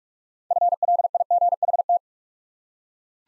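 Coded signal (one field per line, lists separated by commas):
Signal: Morse code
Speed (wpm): 44 wpm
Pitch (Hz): 700 Hz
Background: none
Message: FLIGHT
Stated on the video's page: Morse word drill at 45 wpm: six-letter words for head-copy practice, each sent twice.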